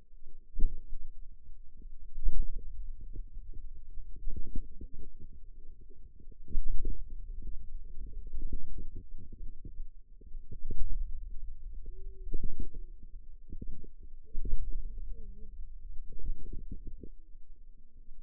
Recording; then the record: forearm muscle sounds (acoustic myography)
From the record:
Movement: pen grasping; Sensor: system 2, bracelet of six BSWA MPA416 microphones around the upper forearm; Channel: 5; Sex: female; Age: 21 years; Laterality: right